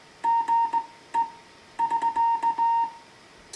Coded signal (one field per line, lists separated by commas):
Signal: Morse code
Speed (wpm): 18 wpm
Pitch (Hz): 920 Hz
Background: music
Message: GE <SK>